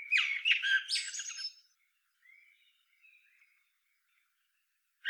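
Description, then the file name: Eurasian blackbird singing a loud warbled phrase with scratchy high twitters, followed by a few soft, thin whistled notes. "Turdus merula"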